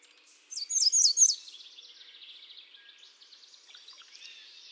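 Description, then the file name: American redstart giving one short, high phrase of a few sharp notes, followed by fainter twittering. "Setophaga ruticilla"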